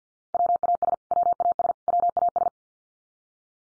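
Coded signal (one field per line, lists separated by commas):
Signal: Morse code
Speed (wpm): 52 wpm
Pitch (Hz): 700 Hz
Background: none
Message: WAS WAS WAS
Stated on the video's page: Morse head-copy drill of the 100 most common English words at 50 wpm, each word sent three times, then spoken, then sent again.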